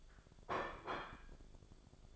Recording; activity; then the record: daily activity, microphone in the room; place plate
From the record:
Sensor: 5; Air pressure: 1004.5 hPa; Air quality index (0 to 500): 168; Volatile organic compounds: 4 ppm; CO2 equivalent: 1582 ppm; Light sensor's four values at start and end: 17/40/16/15 and 17/40/16/15